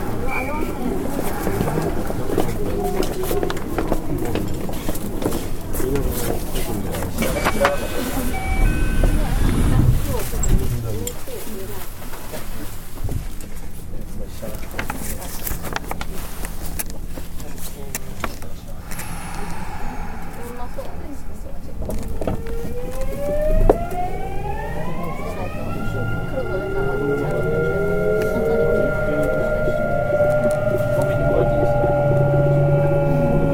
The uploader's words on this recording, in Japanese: 近畿日本鉄道5820系の走行音です。奈良線の各駅停車にて収録しました。区間は、大阪難波から河内小阪までです。